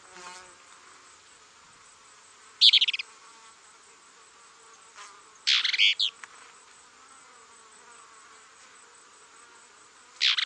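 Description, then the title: Plain-crested elaenia song: brief, loud stuttering rattles repeated a few seconds apart, with a steady high insect hiss throughout. "LuckyPassaro Completos2Sama. Plain-crested Elaenia (Elaenia cristata)"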